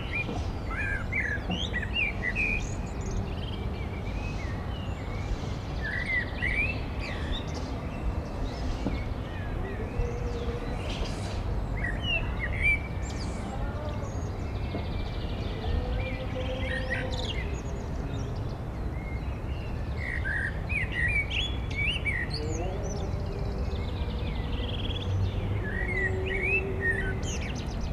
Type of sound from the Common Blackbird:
song